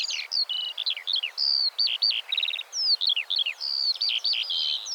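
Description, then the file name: Eurasian skylark song: a continuous, rapid stream of high chirps, trills and buzzy warbled notes, tumbling on without pause. "Eurasian Skylark Alauda arvensis"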